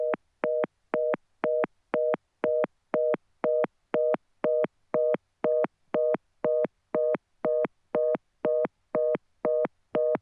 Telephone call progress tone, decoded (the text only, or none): reorder tone